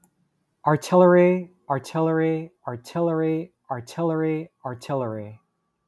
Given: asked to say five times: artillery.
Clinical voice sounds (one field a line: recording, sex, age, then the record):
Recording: repeated word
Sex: male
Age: 30 to 39 years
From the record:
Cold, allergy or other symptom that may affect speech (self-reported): no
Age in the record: 30 years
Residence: New York, United States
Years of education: 19